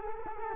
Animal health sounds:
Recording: mosquito wingbeat signal from an infrared sensor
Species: Culex quinquefasciatus

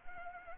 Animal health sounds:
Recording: mosquito wingbeat signal from an infrared sensor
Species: Anopheles arabiensis

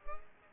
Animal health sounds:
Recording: mosquito wingbeat signal from an infrared sensor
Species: Culex pipiens

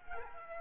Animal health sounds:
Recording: mosquito wingbeat signal from an infrared sensor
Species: Aedes aegypti

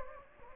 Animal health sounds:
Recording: mosquito wingbeat signal from an infrared sensor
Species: Anopheles gambiae

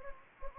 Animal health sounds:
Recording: mosquito wingbeat signal from an infrared sensor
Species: Anopheles gambiae

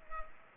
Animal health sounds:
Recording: mosquito wingbeat signal from an infrared sensor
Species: Culex pipiens

